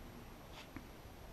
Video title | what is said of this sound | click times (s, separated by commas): TFE Fabrication's SRT4 Shifter Bushing Kit Review/Install | just the screwdriver just to kind of that one last little push till it clicks and | 0.8 s